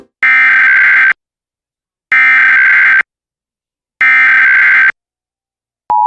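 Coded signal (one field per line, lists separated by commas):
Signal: Emergency Alert System (SAME) tones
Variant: header bursts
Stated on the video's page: National EAS test as relayed in New York City.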